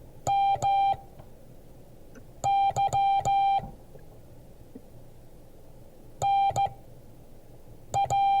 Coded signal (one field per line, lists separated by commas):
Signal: Morse code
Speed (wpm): 15 wpm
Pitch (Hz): 790 Hz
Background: music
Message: MY NA